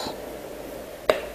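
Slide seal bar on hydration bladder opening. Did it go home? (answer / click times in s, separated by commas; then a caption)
yes / 1.1 s. A plastic slide closure bar is slid along the open end of a Ryda hydration pack's water bladder, with the open/close marking facing the user, to seal it. After a quiet stretch, a single sharp click sounds at 1.1 s as the closure locks shut.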